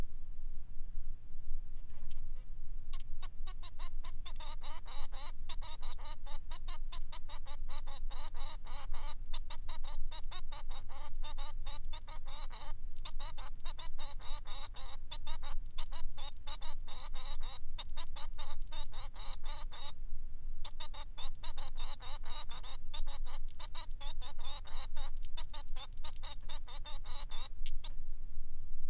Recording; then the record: song of a male Bengalese finch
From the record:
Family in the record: son of father 3